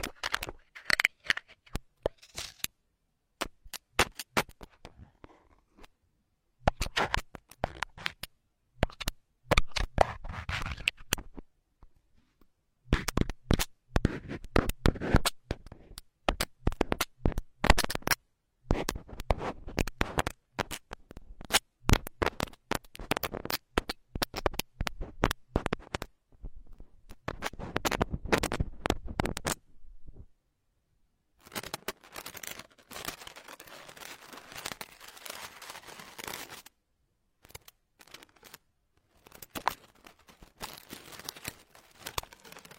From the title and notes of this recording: Pure hair picking, delicate and different tingling comfort, electric-like feeling.